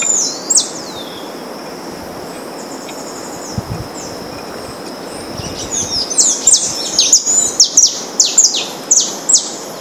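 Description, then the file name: Saffron finch singing: after an opening chirp and a few seconds of quiet with a thin high trill, it breaks into a lively series of sharp, falling chirps that grow louder. Recorded in Itatiaia National Park, Rio de Janeiro state, Brazil. "Sicalis-flaveola-PNItatiaia RJ-BR-9-1-14-ASilveira"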